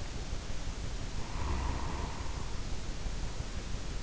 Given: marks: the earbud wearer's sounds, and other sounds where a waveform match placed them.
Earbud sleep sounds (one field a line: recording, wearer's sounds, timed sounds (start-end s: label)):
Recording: sounds in sleep by an in-ear microphone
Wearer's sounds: snoring breath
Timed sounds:
1.04-3.65 s: snoring breath